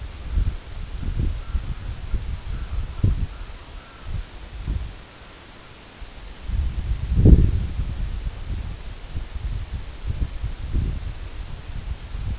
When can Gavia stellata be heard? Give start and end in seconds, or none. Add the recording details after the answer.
0.07-0.69, 0.95-2.19, 2.48-4.33, 4.96-5.74. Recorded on Arctic tundra, site EABA-1, on 23 June 2018. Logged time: 22:00